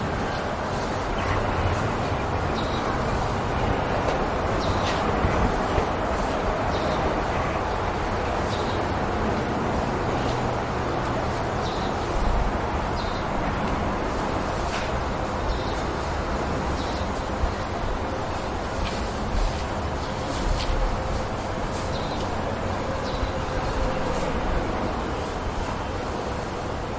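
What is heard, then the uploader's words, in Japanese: Recorded from a home window, a steady, dense outdoor rumble like traffic holds throughout, with faint high ticks scattered across it. 窓辺の音。わたしの自宅の窓から録音した音です。声なし。BGMなし。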